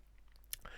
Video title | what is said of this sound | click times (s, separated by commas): San Martin SN020-G Date Limited Edition 4K Watch Review | pushing it back in it's got a nice positive click and that restarts the movement as you can see so i'll just test screwing it back down | 0.5 s